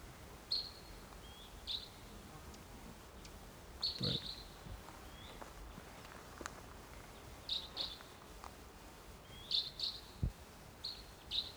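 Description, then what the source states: Crossbill giving short, sharp, high call notes, singly or in quick pairs, spaced a second or more apart, with light rustling sounds. Wild bird calling in response to decoys, perched about 150 to 200 yards away across a gully.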